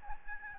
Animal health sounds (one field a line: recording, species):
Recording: mosquito wingbeat signal from an infrared sensor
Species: Aedes albopictus